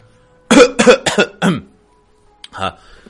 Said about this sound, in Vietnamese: Ngọc Đế ho nhẹ một tiếng, cố gắng duy trì giọng điệu bình tĩnh, mở miệng nói.